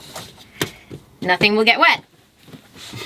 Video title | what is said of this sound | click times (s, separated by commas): We took COLD SHOWERS for 5 Years [Step 210] | there's like little magnets that we attach to the corner of the shower curtain that just like snaps into place here. | 0.6 s